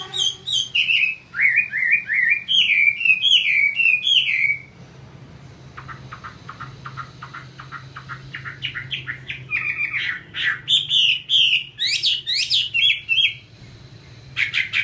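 Chinese hwamei song: long runs of fast, looping whistled notes, a quieter pause with soft calls, then another energetic warbled phrase; low hum throughout.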